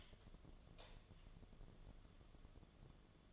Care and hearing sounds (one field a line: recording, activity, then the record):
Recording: daily activity, microphone in the room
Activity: light on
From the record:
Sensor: 4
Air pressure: 1011.1 hPa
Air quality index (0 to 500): 148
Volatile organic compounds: 3 ppm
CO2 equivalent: 1519 ppm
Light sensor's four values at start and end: 124/325/137/142 and 125/328/138/144